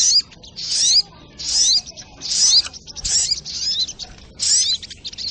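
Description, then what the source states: Little Spiderhunter singing high, slightly harsh twittering bursts, several phrases separated by short gaps over low background noise. Training recording (masteran).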